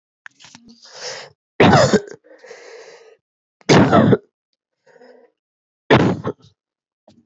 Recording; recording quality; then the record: heavy voluntary cough; excellent, no background noise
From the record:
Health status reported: healthy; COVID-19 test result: negative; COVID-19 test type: RT-PCR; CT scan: not taken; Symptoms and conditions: cold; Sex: male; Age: 28 years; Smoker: no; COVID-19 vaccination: none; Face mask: not worn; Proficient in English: yes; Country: India